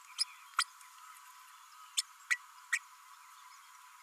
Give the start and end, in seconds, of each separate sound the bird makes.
0.18-0.24, 0.58-0.64, 1.97-2.01, 2.30-2.38, 2.72-2.79